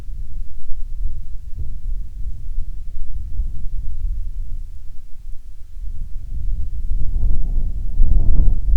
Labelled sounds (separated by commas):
wind